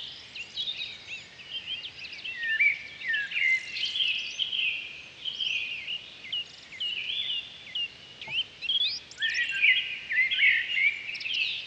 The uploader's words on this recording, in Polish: Wizyta w lesie. Dziś do lasu zabrałem nowy rejestrator, ale i stary, tylko obudowany domowym sposobem tak, aby śpiewające ptaki wydawały się bliższe uszom.